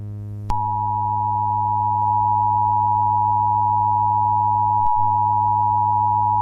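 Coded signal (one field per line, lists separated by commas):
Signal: Emergency Alert System (SAME) tones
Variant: 853 and 960 Hz attention tone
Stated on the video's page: Fictional Roblox EAS scenario with simulated SAME tones, made in KineMaster.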